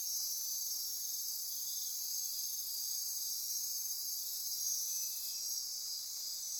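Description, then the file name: Insect chorus of constant high-pitched trilling and whining tones, steady throughout with little change in loudness. Insect chorus at midnight near Corcovado. "Wind-is-the-Original-Radio-Fridays 20240628 Andy-Martin Midnight-Insect-Chorus-Near-Corcovado"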